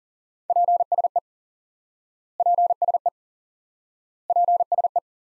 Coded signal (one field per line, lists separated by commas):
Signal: Morse code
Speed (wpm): 40 wpm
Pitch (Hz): 700 Hz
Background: none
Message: PSE PSE PSE